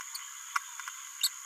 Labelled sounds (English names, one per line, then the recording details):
Green-rumped Parrotlet babbling
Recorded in a nest box in Venezuela
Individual 18B17A4